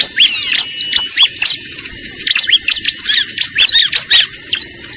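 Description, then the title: Lovebird calls, rapid shrill chirps and squeaky rising and falling notes in dense bursts. Lure recording used for attracting lovebirds (pikat). "PIKAT BURUNG LOVEBIRD"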